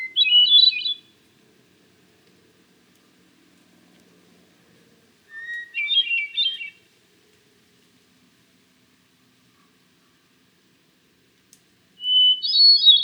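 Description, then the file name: Hermit thrush song, three phrases separated by quiet pauses, each a clear whistled note followed by a quick, airy flourish higher up. "Hermit Thrush - Catharus guttatus"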